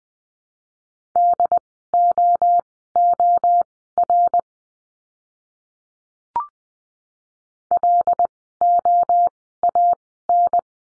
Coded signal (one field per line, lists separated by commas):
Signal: Morse code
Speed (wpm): 20 wpm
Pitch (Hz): 700 Hz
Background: none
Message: DOOR LOAN